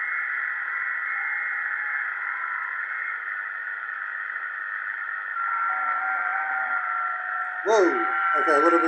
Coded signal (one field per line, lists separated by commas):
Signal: FT8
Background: speech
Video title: ft8 is amazing. Using minimal hardware.